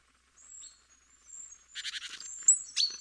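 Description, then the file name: Great tit calls: soft high notes, then a buzzy churring rattle and a few sharp ringing notes at the close. "Parus major"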